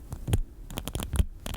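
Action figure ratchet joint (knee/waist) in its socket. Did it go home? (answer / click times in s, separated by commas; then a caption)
yes / 0.3 s, 0.8 s, 0.9 s, 1.0 s, 1.2 s. A plastic NECA Toys TMNT X Universal Monsters Raphael as the Wolfman action figure, its joints previously soaked in hot water, is held close to the mic while its ratcheted knee or waist joint is moved in its socket. Sharp ratchet clicks sound at 0.3, 0.8, 0.9, 1.0, 1.0 and 1.2 seconds over a low hum and faint rustling. The joint clicks into position.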